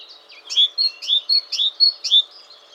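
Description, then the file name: Great tit song: bright two-note phrases, a high sharp note dropping to a clear whistle, repeated about four times at a steady pace over faint low hum. "Parus major"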